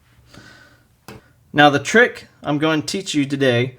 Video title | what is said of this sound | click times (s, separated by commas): FX Crown MKI and MKII Complete Reseal - FX Airguns Crown O-Rings Reseal | you'll hear it kind of snap into place or else you might feel it | 1.1 s